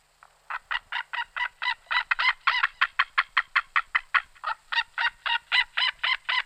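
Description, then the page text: White-tailed eagle call: a long run of many harsh, ringing notes, building slightly in loudness. "Голоса птиц - Орлан-белохвост (Haliaeetus albicilla)"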